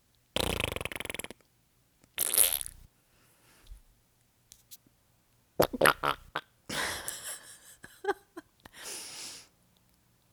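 Mouth-made fart noises come in short, separate bursts: a buzzy blast near the start, a quick squeak around two seconds, then a cluster of sputtering, wet pops after five and a half seconds. A longer raspy blow closes it.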